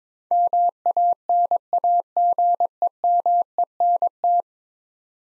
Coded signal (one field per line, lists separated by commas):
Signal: Morse code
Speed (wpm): 21 wpm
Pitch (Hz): 700 Hz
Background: none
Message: MANAGEMENT